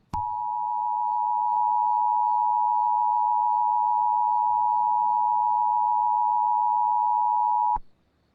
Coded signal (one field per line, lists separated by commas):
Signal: Emergency Alert System (SAME) tones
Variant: 853 and 960 Hz attention tone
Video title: STATE OF EMERGENCY!! "ALIEN INVASION ALERT" #alien #invasion #emergency